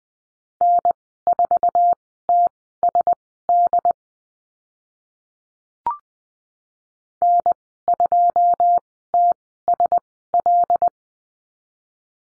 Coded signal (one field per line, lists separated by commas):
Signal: Morse code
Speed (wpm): 20 wpm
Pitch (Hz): 700 Hz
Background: none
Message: N4TSD N2TSL